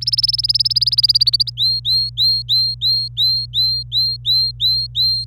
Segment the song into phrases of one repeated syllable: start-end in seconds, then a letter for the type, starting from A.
0.01-1.50 A, 1.58-5.24 B